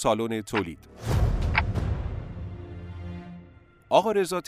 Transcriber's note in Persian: قرائت توسط راوی